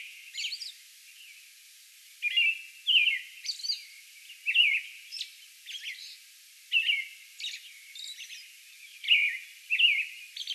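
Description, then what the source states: American robin song, a steady run of short whistled caroling phrases around mid pitch, broken by thin high squeaky notes, with brief pauses between groups. Song bout recorded on May 11.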